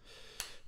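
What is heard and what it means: After the liner of a Ruike LD31 multitool's liner lock is pushed inward to release it, the steel knife blade folds shut into the handle. Against a quiet, steady hiss, a single sharp, bright snap at 0.4 s marks the blade closing, then fades away. The lock is released and the blade is stowed again.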